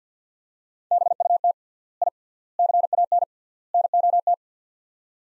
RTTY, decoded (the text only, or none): none